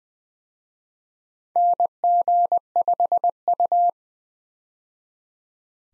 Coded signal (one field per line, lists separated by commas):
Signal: Morse code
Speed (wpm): 21 wpm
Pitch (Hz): 700 Hz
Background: none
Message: NG5U